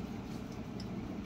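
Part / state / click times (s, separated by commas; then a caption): plastic high chair part into its frame socket / not seated / none. A plastic part of a LuvLap Royal baby high chair is being handled and pushed toward its frame socket during assembly, over a steady low rumbling background with a brief faint high tick near 0.8 s. Nothing has seated or clicked into place yet.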